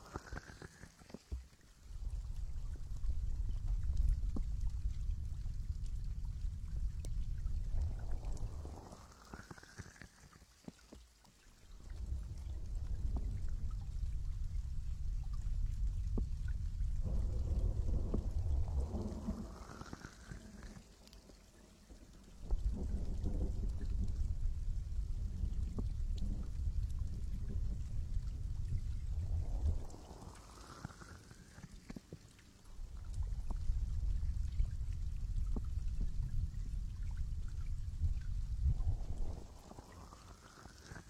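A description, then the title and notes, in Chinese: Underwater sound from a dive into the deep sea: deep, rumbling, bubbling rushes swell and hold for several seconds, then drop to near quiet, repeating about every ten seconds. A rising whistling tone sweeps up near the end of each rush. 舒缓催眠潜入深海 深海捂耳。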